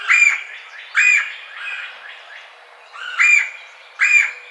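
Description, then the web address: Red-bellied woodpecker churring four times in short rolling bursts, with faint softer bird notes between. Recorded 4 May 2009. "Red-bellied Woodpecker 2009 05 04"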